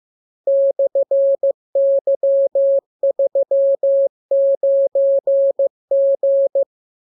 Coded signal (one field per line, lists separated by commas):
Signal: Morse code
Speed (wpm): 15 wpm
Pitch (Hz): 550 Hz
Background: none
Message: /Y39G